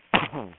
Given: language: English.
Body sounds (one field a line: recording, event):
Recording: throat vibration sensor signal played as sound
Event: cough